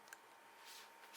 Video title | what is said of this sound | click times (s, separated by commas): Pro Studio Lighting: Massive Quality Upgrade for 4K Video! 💡 | here and you're gonna hear a click once that middle piece right here clicks it's all set up | 0.1 s